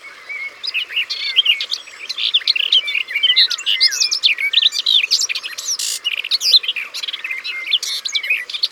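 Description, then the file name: Garden warbler song, a sustained bubbling warble of quick, varied notes running without pause for the whole stretch. Sung by the water's edge. "Fauvette des jardins Au bord de leau"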